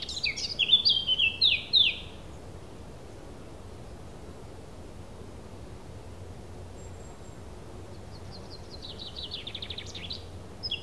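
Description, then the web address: Thrush song opens with a bright burst of repeated falling whistles, followed by a long quiet stretch of hiss and a softer twittering phrase near the end. A single thrush. "Effects 02-Birds, Insects Animals. Birds single thrush"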